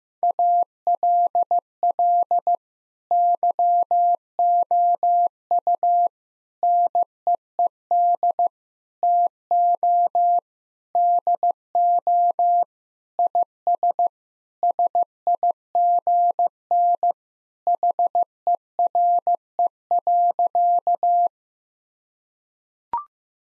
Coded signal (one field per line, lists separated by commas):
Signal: Morse code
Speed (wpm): 16 wpm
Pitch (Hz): 700 Hz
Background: none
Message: ALL YOU NEED TO DO IS SIGN HERE.